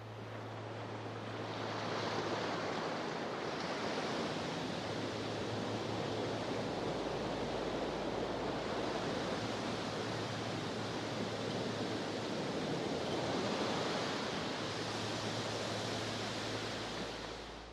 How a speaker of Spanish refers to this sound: «Es el mar», exclamó el viento, «donde podrás refrescarte y jugar infinitamente entre las olas.